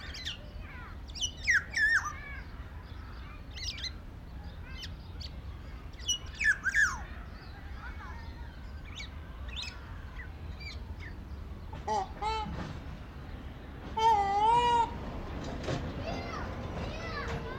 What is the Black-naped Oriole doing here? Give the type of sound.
call